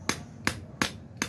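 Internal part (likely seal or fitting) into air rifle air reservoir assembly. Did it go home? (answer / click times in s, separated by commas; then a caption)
no / none. A part, likely a seal or fitting, is being tapped into its seat in the air reservoir assembly of a Nova Vista Alpha PCP air rifle while an air leak is being fixed. Four sharp, bright knocks land at about 0.1, 0.5, 0.8 and 1.2 seconds over a low background hum. Nothing has seated yet by the end of the clip.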